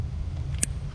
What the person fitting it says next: that click right there lets you know it's engaged all right